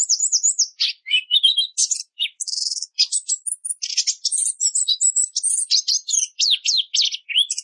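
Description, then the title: Orange-headed thrush song, rapid varied whistled phrases, slurred notes and short buzzy bursts following one another with brief gaps. Masteran recording for training cage birds; song style called roll speed; clear voice. "Masteran Anis Kembang materi Roll Speed"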